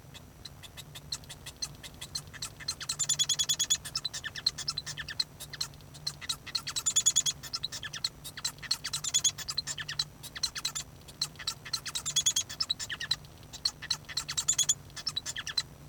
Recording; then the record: song of a male Bengalese finch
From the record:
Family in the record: son of father 1